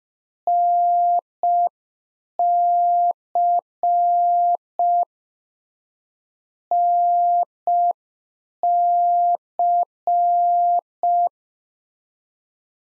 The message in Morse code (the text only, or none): NC NC